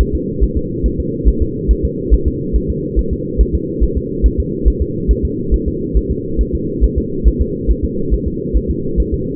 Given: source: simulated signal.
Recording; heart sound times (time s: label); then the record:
fetal heart sounds
0.01 s: S1
0.15 s: S2
0.43 s: S1
0.57 s: S2
0.86 s: S1
1.00 s: S2
1.28 s: S1
1.42 s: S2
1.71 s: S1
1.85 s: S2
2.14 s: S1
2.28 s: S2
2.56 s: S1
2.70 s: S2
2.99 s: S1
3.13 s: S2
3.41 s: S1
3.55 s: S2
3.83 s: S1
3.97 s: S2
4.26 s: S1
4.40 s: S2
4.68 s: S1
4.82 s: S2
5.11 s: S1
5.25 s: S2
5.54 s: S1
5.68 s: S2
5.97 s: S1
6.11 s: S2
6.41 s: S1
6.55 s: S2
6.84 s: S1
6.98 s: S2
7.28 s: S1
7.42 s: S2
7.71 s: S1
7.85 s: S2
8.14 s: S1
8.28 s: S2
8.57 s: S1
8.70 s: S2
9.00 s: S1
9.14 s: S2
From the record:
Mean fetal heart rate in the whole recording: 140 bpm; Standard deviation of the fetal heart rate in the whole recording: 2 bpm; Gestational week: 34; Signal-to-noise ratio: -6.6 dB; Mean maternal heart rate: 72 bpm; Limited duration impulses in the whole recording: present